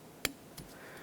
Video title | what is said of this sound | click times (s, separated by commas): How to Replace Right Transmission Cooler Line 2002-2009 Chevrolet Trailblazer 4.2L | Press it in, listen for a click, look along in the center there, you can see that it does protrude as it should, | 0.2 s